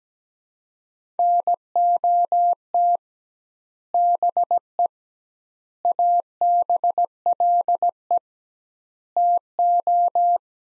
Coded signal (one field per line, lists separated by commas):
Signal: Morse code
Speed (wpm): 17 wpm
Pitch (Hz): 700 Hz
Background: none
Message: NOT BE ABLE TO